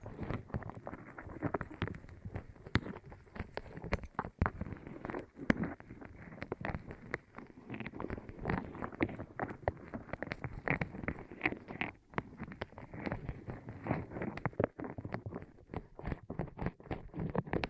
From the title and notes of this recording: ASMR Rolling On Your Ears (No Talking).